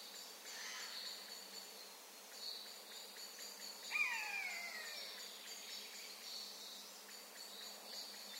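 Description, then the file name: Eurasian jay giving a single drawn-out mewing call that slides down in pitch over about a second, over steady high insect buzzing. "Garrulus glandarius"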